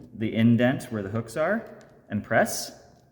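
A metal toe bar on an X2 boot is being lined up with the indent where the hooks are on an Evo 60 cross-country ski binding and pressed down. Throughout, someone talks, with no distinct mechanical sound standing out. Nothing has seated or clicked yet.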